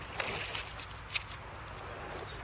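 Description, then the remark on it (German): Oars splash and dip into water a few times in an uneven rhythm as a crew rows a boat in Saxony, Germany, with brief bright splashes over a steady low rumble of the boat moving along. “Steuerbord nicht so tief eintauchen, bitte. Der Schlag ist gut, schön langsam vorrollen, rechtzeitig aufdrehen.”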